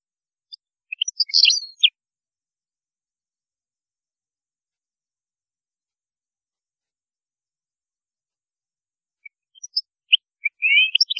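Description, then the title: European goldfinch song: a short jumble of high twittering and buzzy notes at the start, a long silence, then another twittering burst near the end. "Chant Chardonneret"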